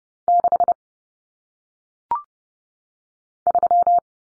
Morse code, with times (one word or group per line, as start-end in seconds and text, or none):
0.3-0.7 6
3.5-4.0 3